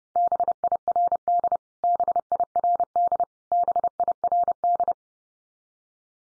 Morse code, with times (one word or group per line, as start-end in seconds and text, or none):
0.2-1.6 BIRD
1.8-3.2 BIRD
3.5-4.9 BIRD